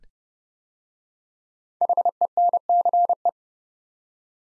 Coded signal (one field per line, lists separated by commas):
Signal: Morse code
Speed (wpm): 30 wpm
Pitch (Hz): 700 Hz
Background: none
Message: HENCE